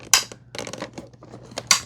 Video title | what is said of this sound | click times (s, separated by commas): Is Shark EX251 Carpet Expert The BEST Carpet Cleaner For Pet Owners? | there. Two clicks. It's in place now. | 0.1 s, 1.7 s